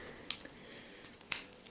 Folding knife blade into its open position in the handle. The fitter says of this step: I mean, it does. It does lock into place, but you basically just push it back.